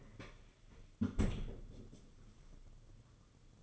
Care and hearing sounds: daily activity, microphone in the room; close fridge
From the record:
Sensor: 4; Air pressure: 995.3 hPa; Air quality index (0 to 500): 211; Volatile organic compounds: 224 ppm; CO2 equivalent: 4289 ppm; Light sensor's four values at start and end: 33/105/40/44 and 34/107/40/45

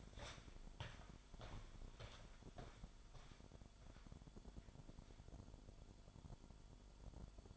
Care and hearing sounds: daily activity, microphone in the room; walk to room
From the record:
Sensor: 5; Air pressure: 1008.3 hPa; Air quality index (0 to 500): 126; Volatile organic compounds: 1 ppm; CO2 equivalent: 961 ppm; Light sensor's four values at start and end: 34/78/32/31 and 35/81/32/31

